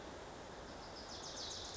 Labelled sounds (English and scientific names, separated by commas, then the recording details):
Wilson's Warbler (Cardellina pusilla)
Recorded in Sonoma County, California